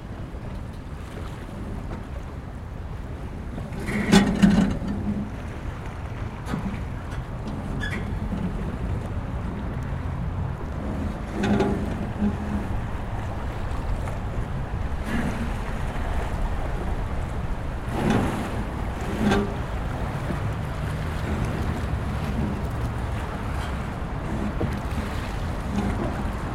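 A steady low rumble of water lapping under a floating pontoon, with occasional knocks and creaks around 4, 11 and 19 seconds.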